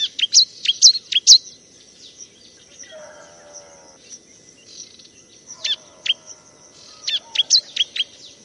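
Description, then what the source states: Bar-winged prinia song: sharp, high chirped notes in quick bursts, a pause with softer buzzy sounds, then more rapid chirps, over a faint steady high hiss. Recording made as a tutor track for training cage birds to sing.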